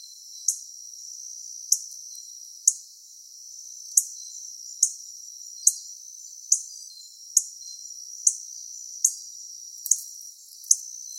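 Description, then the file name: Pileated finch giving sharp, high clicking call notes roughly every second over a steady high insect-like hiss. "coryphospingus pileatus"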